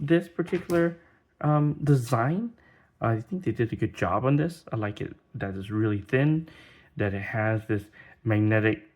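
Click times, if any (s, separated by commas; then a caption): none. Someone talks throughout while handling an ohsnap! Snap Grip 5 magnetic phone grip, with its magnetic grip part about to close onto the grip body. No snap is heard: the magnetic grip part has not snapped shut or seated yet when the clip ends.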